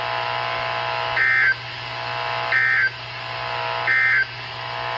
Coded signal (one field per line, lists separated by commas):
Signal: Emergency Alert System (SAME) tones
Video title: Western Texas Severe Weather Alerts 5/30 & 5/31/21 (EAS #726-742)